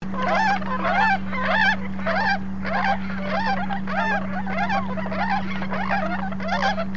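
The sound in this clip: Bewick's swan calls, repeated bugling, yodelling notes in quick succession, nearly two calls every second, with a constant low hum.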